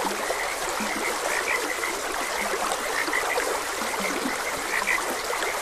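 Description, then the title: Frog croaks in two registers, scattered higher chirps plus occasional lower grunting notes, over the even flow of a stream. Frogs croaking beside a gentle stream. "Gentle Stream and Frogs Croaking"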